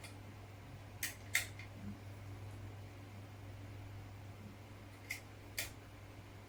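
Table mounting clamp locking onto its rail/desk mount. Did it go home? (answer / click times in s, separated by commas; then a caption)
no / none. A Thrustmaster TM table mounting clamp for a shifter/handbrake has its locking part pushed all the way up against its rail/desk mount, giving sharp plastic-like clacks at about 1.0, 1.4, 5.1 and 5.6 s over a steady low hum. The clamp fails to catch on one side, and nothing has locked or clicked into place yet.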